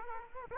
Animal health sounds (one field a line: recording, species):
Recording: mosquito wingbeat signal from an infrared sensor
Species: Culex quinquefasciatus